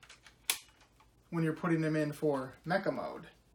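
A plastic dinosaur piece of a transforming Kishiryuoh combiner toy is handled against the robot body's back connectors for mecha mode, with faint plastic taps in the first 0.3 s and a sharp tick at 0.5 s. Someone then talks. Nothing has seated or clicked into place yet.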